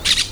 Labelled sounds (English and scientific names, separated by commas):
Brown-throated Parakeet (Eupsittula pertinax) contact call